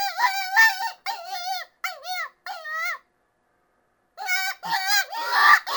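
Cottontail rabbit distress cries, a run of quavering, nasal squeals in quick bursts, a pause of about a second, then harsher, noisier screams.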